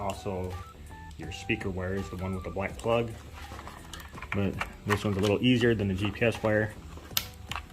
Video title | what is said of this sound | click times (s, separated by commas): Very Professional Hauido Car Stereo Installation Video | Snaps right in there. | 7.2 s